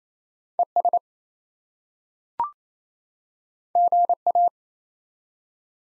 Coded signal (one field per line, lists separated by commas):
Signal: Morse code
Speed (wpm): 28 wpm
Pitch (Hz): 700 Hz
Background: none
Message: ES GA